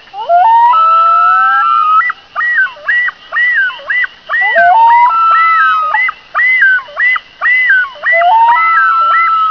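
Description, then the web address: Loon yodelling: a rising wail that levels off, then a run of quick, looping, up-and-down notes, with the whole phrase repeated about three times. "monroe loon"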